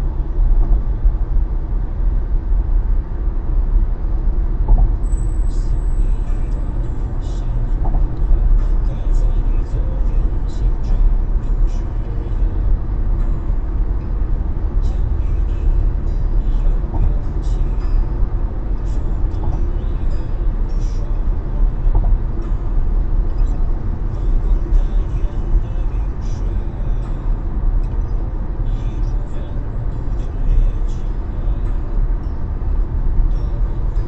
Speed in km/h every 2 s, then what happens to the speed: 98, 101, 103, 104, 107, 107, 110, 108, 108, 108, 108, 107, 107, 107, 107, 107, 105.
0-11 speeds up to 110. 11-34 steady at about 107.